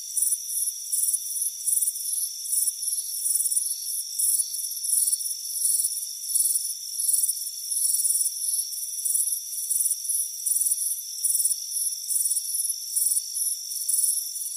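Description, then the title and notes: Crickets chirp steadily, shrill pulsed bursts repeating quickly over constant high trilling. Chirping crickets on a warm afternoon on a front porch. "Soothing Crickets Chirping Sound. It's a warm afternoon as you relax in a hammock on the front porch. Relax and fall asleep to the soothing sound of chirping crickets. Deep Sleep Sounds"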